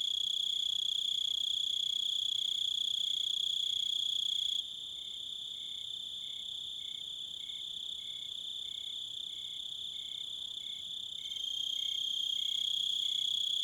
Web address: Sounds of Nature Collection Crickets And Wolves